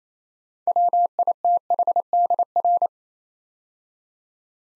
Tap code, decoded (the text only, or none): none